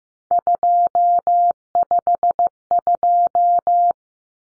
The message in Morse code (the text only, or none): 252